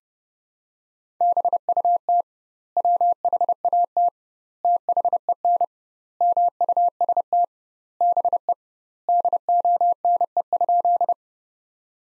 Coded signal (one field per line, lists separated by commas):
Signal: Morse code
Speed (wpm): 30 wpm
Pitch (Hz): 700 Hz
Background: none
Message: BUT WHAT THEN MUST BE DONE?